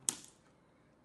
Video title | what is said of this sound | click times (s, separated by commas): SCORPION ADF-9000 Unboxing | You know, I like the way that it snaps into place here and everything. | 0.1 s